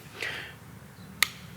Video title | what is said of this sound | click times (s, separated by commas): TUTO[#90] : KIT de DISTRIBUTION sur moteur DCI | et un clic ça suffit | 1.2 s